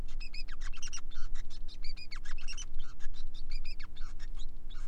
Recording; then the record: song of a male Bengalese finch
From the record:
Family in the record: son of father 5